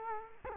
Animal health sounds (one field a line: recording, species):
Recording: mosquito wingbeat signal from an infrared sensor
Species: Culex quinquefasciatus